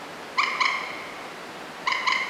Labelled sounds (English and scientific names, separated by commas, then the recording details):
Common Moorhen (Gallinula chloropus)
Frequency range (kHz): Common Moorhen (Gallinula chloropus) 0.7-9.2 kHz
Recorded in France